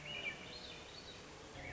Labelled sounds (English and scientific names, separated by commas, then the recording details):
Swainson's Thrush (Catharus ustulatus)
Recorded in Sonoma County, California